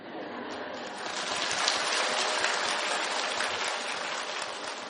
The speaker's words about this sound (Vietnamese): Và có lẽ chính vì vậy, một cơn mưa rất mát lòng đã làm mát mẻ bước chân thầy đi.